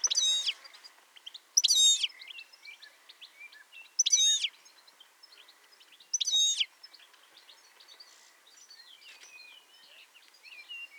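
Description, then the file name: European goldfinch calls: four loud, buzzy bursts roughly every two seconds, with faint high twitters between them. "Carduelis carduelis"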